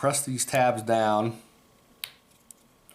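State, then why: Seated. Someone talks while fingers press the small brake tabs of the centrifugal braking system down inside the metal side plate of a round baitcasting reel. The tabs click into the on position at 2.0 s and 2.5 s, with a fainter tick just before 2.9 s, and the orange centres then show the brakes are on.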